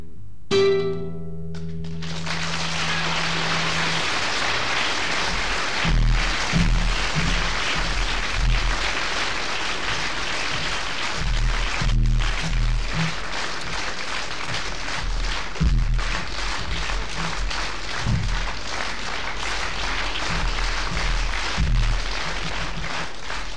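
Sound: audience applause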